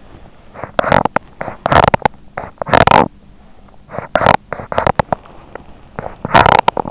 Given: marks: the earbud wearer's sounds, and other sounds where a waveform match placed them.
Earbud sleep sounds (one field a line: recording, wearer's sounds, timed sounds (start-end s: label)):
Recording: sounds in sleep by an in-ear microphone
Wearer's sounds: teeth grinding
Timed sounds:
0.32-6.91 s: teeth grinding